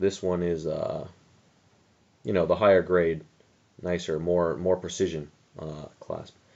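A milled stainless steel fold-over clasp on a steel watch bracelet is being handled while someone talks in short bursts with pauses between them. The clasp has not clicked shut yet, and nothing has seated by the end of the clip.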